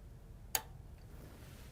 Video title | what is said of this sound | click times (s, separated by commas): HUSQVARNA® VIKING® PLATINUM™ Q165 - Machine Maintenance | it's important that when placing your bobbin back in, you hear a click | 0.5 s